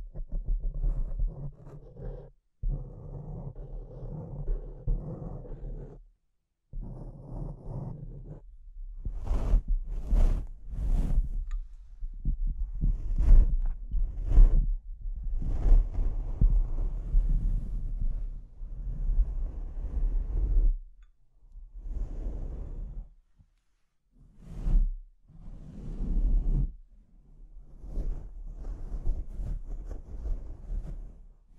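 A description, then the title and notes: Microphone scratching in rough, rumbling bursts that start and stop, with brief silent gaps around 2, 6, 21 and 24 seconds. Sharp bright scrapes cut through between about 9 and 11 seconds and again near 15, over a low, muffled rubbing. ASMR Brain Melting Mic Scratching (No Talking).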